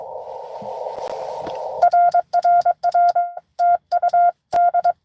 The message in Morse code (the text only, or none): RRR TU D